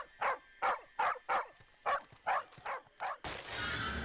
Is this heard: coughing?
no